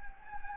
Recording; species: mosquito wingbeat signal from an infrared sensor; Anopheles gambiae